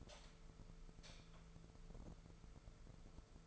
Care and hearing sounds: daily activity, microphone in the room; light on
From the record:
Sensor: 5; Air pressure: 1014.6 hPa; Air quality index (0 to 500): 149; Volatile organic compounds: 4 ppm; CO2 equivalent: 1644 ppm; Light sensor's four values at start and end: 173/419/174/190 and 135/328/136/147

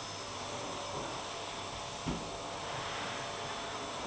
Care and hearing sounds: daily activity, microphone in the room; vacuum cleaning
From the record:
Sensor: 1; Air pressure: 1007.7 hPa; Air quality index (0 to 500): 78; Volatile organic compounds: 1 ppm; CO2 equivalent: 677 ppm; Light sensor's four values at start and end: 10/23/9/10 and 10/23/9/10

